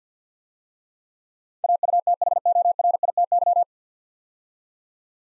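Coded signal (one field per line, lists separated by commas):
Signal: Morse code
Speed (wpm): 53 wpm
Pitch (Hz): 700 Hz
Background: none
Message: AUTHORITY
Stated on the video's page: Morse practice at 50 wpm, 9-letter words with first 3 letters given, each word sent twice for head-copy and instant character recognition.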